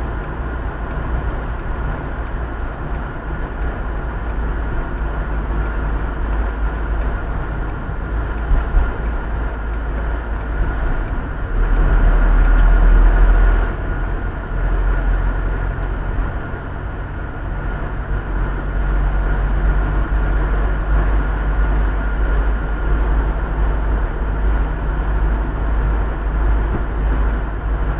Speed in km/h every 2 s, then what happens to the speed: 47, 45, 44, 39, 36, 33, 36, 36, 38, 38, 40, 40, 41, 41.
0-9 slows to 33.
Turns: none.